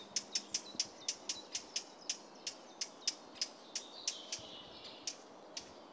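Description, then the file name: Eurasian blackcap giving hard, dry tac clicks in a steady series, with faint warbling from other birds in the background. "Sylvia atricapilla"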